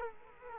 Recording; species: mosquito wingbeat signal from an infrared sensor; Culex quinquefasciatus